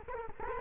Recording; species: mosquito wingbeat signal from an infrared sensor; Culex quinquefasciatus